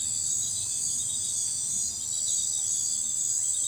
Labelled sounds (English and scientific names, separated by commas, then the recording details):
none
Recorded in forest near Pivijay, Magdalena, Colombia, on 16 April 2023 at 23:00
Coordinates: 10.467, -74.380
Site Z5-G034